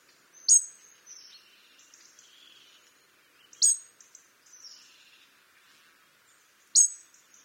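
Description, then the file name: European robin ticks, sharp and clicky, about every three seconds, with faint thin warbling between them. "Erithacus rubecula"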